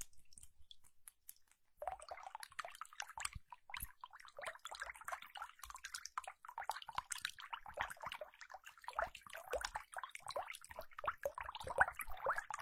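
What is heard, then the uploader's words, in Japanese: Water sounds, starting with a near-silent stretch and a few isolated clicks in the first two seconds. Then a dense, continuous stream of small splashes, drips and wet squishes sets in. It stays busy and crackly to the end, with a louder splash near twelve seconds. 水の音。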